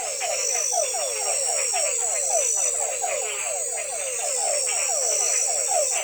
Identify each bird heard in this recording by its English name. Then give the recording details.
none. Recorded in forest near Pivijay, Magdalena, Colombia, on 18 April 2023 at 00:00. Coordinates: 10.467, -74.380. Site Z5-G034